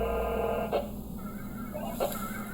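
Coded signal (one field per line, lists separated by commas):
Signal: modem data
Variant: VARA FM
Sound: short burst of dense multi-tone modem hiss, clicks, then faint warbling tones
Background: radio static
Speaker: So now that I'm ready to send a message, I'm going to push the start key.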